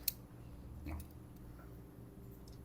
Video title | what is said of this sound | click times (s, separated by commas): Desmontagem + troca de membrana controle PS5 | já tá travado aqui vou travar eles na frente agora | 0.1 s